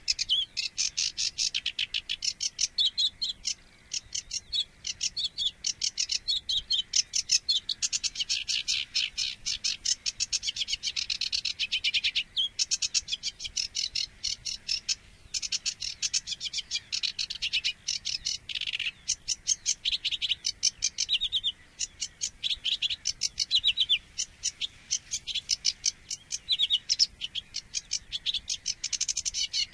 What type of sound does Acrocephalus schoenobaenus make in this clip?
song